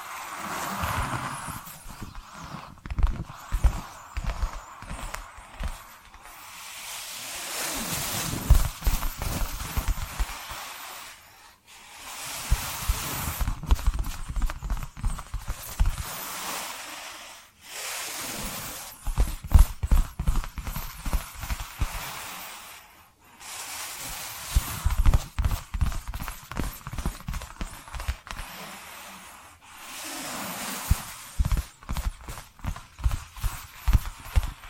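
Tapping and scratching sounds come in rapid clusters of crisp knocks and softer scraping, with brief pauses roughly every six seconds before resuming.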